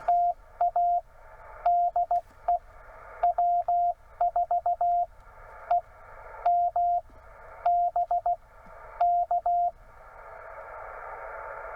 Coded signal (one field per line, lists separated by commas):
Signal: Morse code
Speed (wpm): 16 wpm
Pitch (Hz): 700 Hz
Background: none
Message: TA DE W4EMB K